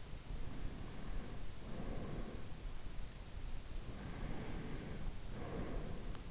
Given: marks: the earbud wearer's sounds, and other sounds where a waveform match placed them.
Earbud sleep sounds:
sounds in sleep by an in-ear microphone; breath
0.15-2.46 s: breath
4.14-6.31 s: breath

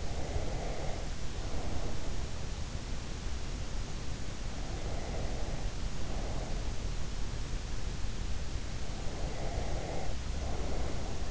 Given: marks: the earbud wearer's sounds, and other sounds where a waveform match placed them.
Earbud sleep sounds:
sounds in sleep by an in-ear microphone; breath
0.00-2.07 s: breath
4.65-6.63 s: breath
8.99-11.31 s: breath

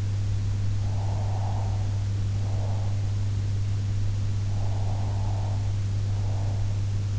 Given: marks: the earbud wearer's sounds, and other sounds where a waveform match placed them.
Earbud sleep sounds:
sounds in sleep by an in-ear microphone; breath
0.80-3.17 s: breath
4.48-7.03 s: breath

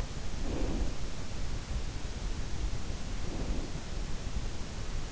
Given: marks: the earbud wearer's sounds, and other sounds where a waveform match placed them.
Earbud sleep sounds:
sounds in sleep by an in-ear microphone; breath
0.00-1.35 s: breath
2.90-4.13 s: breath

